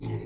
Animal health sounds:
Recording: pig call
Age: weaner (32 to 43 days)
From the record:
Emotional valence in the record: negative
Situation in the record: long isolation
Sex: female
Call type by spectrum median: low-frequency call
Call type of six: low-frequency stable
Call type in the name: low-frequency stable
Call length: 0.25 s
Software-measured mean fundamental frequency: 56 Hz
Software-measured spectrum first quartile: 116 Hz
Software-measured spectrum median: 237 Hz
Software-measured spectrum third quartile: 599 Hz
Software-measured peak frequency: 352 Hz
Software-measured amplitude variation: 94 dB a second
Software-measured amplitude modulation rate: 13.9 a second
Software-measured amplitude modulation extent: 6.7 dB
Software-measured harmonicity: 3.2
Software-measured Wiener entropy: -0.52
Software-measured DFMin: 880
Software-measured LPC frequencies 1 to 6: 284, 795, 2064, 2664, 3804, 4954 Hz

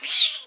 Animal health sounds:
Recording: pig call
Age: piglet (1 to 25 days)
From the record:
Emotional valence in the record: negative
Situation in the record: restrain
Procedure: in the arms of a person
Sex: female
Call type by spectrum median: high-frequency call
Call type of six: high-frequency stable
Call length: 0.47 s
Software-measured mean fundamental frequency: 167 Hz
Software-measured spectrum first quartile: 3696 Hz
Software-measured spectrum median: 4189 Hz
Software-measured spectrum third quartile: 5556 Hz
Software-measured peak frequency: 3830 Hz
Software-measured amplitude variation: 142 dB a second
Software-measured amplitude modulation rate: 16.1 a second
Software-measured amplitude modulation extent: 8.9 dB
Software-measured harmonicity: 3.9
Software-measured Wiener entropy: -2.34

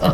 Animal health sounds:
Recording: pig call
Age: piglet (1 to 25 days)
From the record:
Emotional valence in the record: positive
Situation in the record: reunion after long isolation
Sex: male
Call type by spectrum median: low-frequency call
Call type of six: low-frequency tonal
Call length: 0.14 s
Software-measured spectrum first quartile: 175 Hz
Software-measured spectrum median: 477 Hz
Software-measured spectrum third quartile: 927 Hz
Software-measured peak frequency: 164 Hz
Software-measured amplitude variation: 126 dB a second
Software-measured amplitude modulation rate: 10.7 a second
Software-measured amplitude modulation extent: 11.8 dB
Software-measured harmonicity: 2.4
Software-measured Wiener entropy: -1.05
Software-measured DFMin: 917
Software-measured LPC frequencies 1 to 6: 573, 1207, 2982, 4025, 4850, 7115 Hz

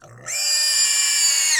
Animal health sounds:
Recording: pig call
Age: weaner (32 to 43 days)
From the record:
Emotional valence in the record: negative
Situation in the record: restrain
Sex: male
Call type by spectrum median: high-frequency call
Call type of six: mixed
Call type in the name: high-frequency stable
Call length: 1.60 s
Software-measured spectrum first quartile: 4143 Hz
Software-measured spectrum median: 5986 Hz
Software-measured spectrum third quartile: 7527 Hz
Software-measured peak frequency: 4809 Hz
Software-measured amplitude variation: 81 dB a second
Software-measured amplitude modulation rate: 28.4 a second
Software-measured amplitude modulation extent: 2.8 dB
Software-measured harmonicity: 5.3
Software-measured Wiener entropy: -2.78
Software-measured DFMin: 552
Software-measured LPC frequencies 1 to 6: 956, 1819, 2363, 2925, 4758, 5358 Hz

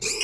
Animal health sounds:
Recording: pig call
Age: weaner (32 to 43 days)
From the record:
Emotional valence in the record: negative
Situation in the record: short isolation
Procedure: open field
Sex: female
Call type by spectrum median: high-frequency call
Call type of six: high-frequency stable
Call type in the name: high-frequency stable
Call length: 0.24 s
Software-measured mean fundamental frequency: 223 Hz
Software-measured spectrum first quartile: 2184 Hz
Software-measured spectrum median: 4654 Hz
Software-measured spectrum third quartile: 6645 Hz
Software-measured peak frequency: 2481 Hz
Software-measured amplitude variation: 101 dB a second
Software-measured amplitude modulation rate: 12.6 a second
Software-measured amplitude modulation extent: 8.0 dB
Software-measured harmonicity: 2.9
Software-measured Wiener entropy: -2.17

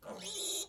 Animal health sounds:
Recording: pig call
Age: piglet (1 to 25 days)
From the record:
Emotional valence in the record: negative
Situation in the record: restrain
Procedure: back test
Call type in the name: high-frequency call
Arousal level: medium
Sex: male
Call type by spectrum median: high-frequency call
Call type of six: mixed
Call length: 0.69 s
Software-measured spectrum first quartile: 2731 Hz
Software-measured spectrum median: 5371 Hz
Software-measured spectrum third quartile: 8348 Hz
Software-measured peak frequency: 3847 Hz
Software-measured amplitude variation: 99 dB a second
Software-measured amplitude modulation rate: 22.4 a second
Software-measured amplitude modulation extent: 4.4 dB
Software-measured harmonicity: 4.5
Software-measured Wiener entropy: -2.29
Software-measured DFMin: 1350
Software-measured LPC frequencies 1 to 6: 547, 2670, 3415, 3872, 5425, 6412 Hz

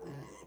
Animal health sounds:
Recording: pig call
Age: piglet (1 to 25 days)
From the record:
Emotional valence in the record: negative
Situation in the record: restrain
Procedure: sham castration, cut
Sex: male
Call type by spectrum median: low-frequency call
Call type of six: mixed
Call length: 0.47 s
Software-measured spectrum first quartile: 241 Hz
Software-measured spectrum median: 472 Hz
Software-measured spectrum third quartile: 1542 Hz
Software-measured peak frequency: 439 Hz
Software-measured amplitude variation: 93 dB a second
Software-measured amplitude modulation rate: 28.7 a second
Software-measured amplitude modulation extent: 3.3 dB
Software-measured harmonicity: 1.7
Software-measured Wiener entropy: -1.25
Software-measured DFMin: 527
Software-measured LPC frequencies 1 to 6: 1961, 2934, 4260, 5246, 6228, 7560 Hz

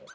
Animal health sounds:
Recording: pig call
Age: piglet (1 to 25 days)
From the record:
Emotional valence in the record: negative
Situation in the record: long isolation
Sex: female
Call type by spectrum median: low-frequency call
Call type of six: mixed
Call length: 0.15 s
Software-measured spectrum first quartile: 907 Hz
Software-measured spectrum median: 1628 Hz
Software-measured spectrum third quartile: 5353 Hz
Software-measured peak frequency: 534 Hz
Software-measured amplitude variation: 146 dB a second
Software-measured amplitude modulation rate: 20.1 a second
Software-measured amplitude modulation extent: 7.3 dB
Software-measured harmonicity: 6.0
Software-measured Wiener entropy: -3.05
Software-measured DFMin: 1098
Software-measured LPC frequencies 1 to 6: 569, 1475, 3822, 4689, 6185, 7026 Hz

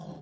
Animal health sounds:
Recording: pig call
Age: piglet (1 to 25 days)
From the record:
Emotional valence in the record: negative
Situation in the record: long isolation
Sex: male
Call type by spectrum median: low-frequency call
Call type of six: low-frequency stable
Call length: 0.22 s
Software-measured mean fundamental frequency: 55 Hz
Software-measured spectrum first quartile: 175 Hz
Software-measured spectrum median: 322 Hz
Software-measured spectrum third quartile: 766 Hz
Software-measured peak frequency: 174 Hz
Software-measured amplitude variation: 152 dB a second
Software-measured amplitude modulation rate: 26.8 a second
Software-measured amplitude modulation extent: 5.7 dB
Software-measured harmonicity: 3.6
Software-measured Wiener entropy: -0.43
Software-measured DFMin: 1030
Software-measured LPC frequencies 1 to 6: 685, 3313, 4140, 4930, 5653, 6589 Hz

